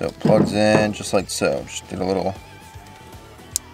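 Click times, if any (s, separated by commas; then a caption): 3.6 s. A plastic wiring harness plug in the back of an LED light pod is released by pressing its locking tab and pulling the two halves apart. Someone talks first, and then a single sharp, small click is heard at 3.6 s as the connector clicks open.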